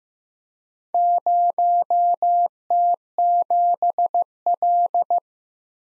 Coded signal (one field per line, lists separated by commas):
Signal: Morse code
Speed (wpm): 15 wpm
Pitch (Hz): 700 Hz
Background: none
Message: 0T7L